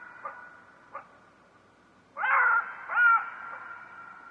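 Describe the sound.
Jackal calls: two faint short yips early on, then a pause and two loud harmonic wailing notes in quick succession.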